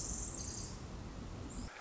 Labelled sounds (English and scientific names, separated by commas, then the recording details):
Pacific Wren (Troglodytes pacificus)
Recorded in Sonoma County, California